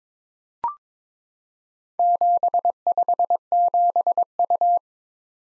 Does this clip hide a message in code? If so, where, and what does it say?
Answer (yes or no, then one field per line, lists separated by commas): yes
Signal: Morse code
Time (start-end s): 2.0-4.8 s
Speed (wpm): 22 wpm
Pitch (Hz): 700 Hz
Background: none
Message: 757U